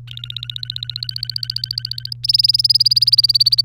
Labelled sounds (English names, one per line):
Domestic Canary song